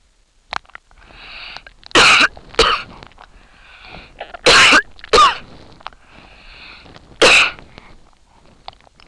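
An adult coughing: several loud, harsh coughs, some coming in quick pairs, with quieter breathing between them.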